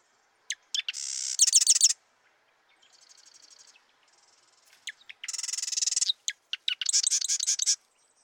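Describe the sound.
Marsh wren with repeated songs: clicking notes lead into loud buzzy rattling trills, with quieter chattering phrases between the songs and songs following closely one after another.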